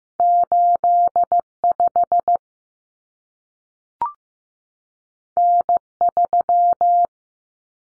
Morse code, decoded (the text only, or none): 85 N3